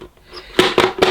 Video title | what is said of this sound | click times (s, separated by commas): Shark CV100UKT Bagless Cylinder Vacuum Cleaner Review & Demonstration | we go that's it make sure it's clicked into place that's yeah | 0.6 s